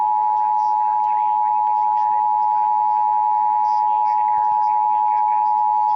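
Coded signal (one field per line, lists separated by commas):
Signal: Emergency Alert System (SAME) tones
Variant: 853 and 960 Hz attention tone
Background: speech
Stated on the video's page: Alerts including tornado warnings from Hanford and Salt Lake City weather offices during a cold-front event.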